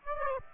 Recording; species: mosquito wingbeat signal from an infrared sensor; Aedes aegypti